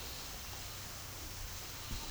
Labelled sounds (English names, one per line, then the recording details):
none
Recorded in pastures near Puerto Asís, Putumayo, Colombia, on 4 March 2025 at 13:00
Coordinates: 0.497, -76.327
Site G072